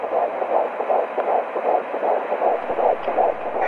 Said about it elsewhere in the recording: This is what your heartbeat sounded like before you were born. A baby's heart rate is faster when it's still in the uterus and slows down after the baby is born.